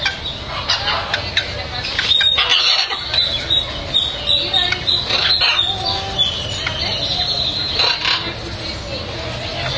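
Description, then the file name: Macaws giving harsh, raspy squawks from several birds at once, overlapping bursts throughout with a steady low background rumble. "Guacamayas"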